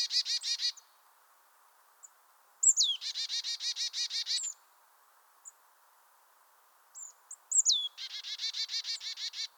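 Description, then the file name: Marsh tit calls: a chatter series, then a sharp descending note followed by rapid buzzy chatter, given twice, with pauses between. "Poecile palustris"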